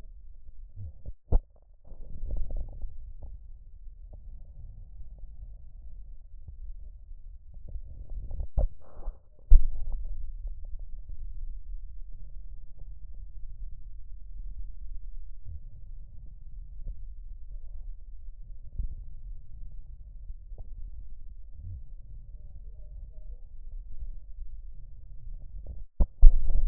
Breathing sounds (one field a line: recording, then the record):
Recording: lung sounds by stethoscope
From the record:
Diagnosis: emphysema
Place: left posterior upper chest